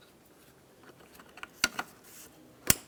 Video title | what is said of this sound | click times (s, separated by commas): How to Replace Throttle Body 2002-2005 Ford Explorer | listen for a click you want to give this a tug | 1.6 s, 2.7 s